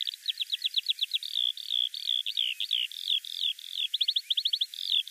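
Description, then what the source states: Eurasian Skylark song pouring out continuously: quick trilled bursts alternating with fuller warbled notes and buzzy slurs, lively and high-pitched throughout. Male song given very often in flight, trilling in the air for minutes to mark territory; cheerful and lively; declining strongly in Switzerland, once common in farmland.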